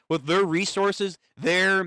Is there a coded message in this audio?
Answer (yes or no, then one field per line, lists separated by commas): no